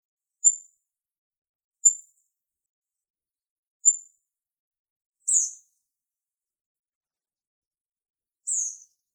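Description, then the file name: Olive-backed pipit giving thin, very high, sharp calls: three brief evenly pitched notes a second or two apart, then two slightly longer buzzy notes, in otherwise silent surroundings. "binzui"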